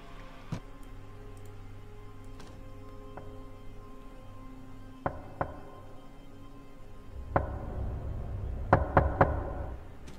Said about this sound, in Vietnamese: Cho đến khi tiếng bước chân dừng lại trước cửa phòng anh Tân. Sau đó là vang lên tiếng gõ cửa rất nhẹ.